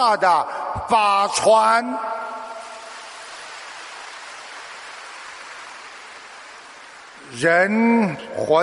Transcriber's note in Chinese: 掌声